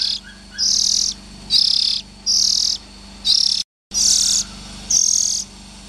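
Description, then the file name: Oriental magpie-robin repeating scratchy, hissing rasps almost every second, with a brief drop in sound partway through. Young Oriental magpie-robins (chích chòe than non). "Tieng chim chich choe than non"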